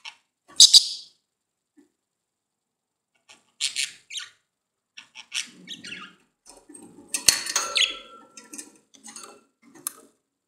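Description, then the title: Budgerigar calls: a loud sharp chirp, then scattered softer scratchy chirps and twittering with some low rustling. "Budgie Sounds"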